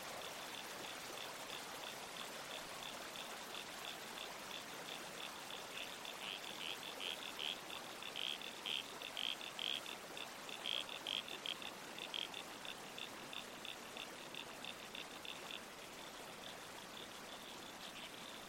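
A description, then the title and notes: A babbling creek hisses steadily throughout while a toadlet's rapid, bright pulsed calls repeat from about six to sixteen seconds, strongest midway. Soundscape - Red-Crowned Toadlet.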